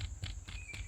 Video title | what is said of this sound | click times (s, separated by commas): Trekology Trekking Pole Review Trekology Trek-Z Collapsible Tri-Fold - Trekology Trek-Z Review | you go ahead pull it all the way until it clicks | 0.0 s, 0.3 s